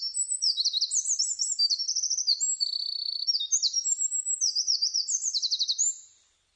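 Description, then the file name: Eurasian wren song: a long, loud, rapid cascade of high trills and sharp chattering notes, changing pitch through varied phrases and running almost six seconds without pause. Recorded 23 July 2006. "060723 misosazai"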